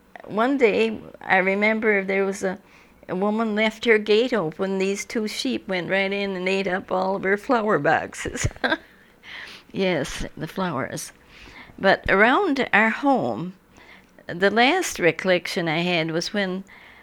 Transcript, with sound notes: One day, I remember there was a women left her gate open, these two sheep went right in and ate up all of her flower boxes. (she chuckles) Yes, the flowers. But around our home the last recollection I had was when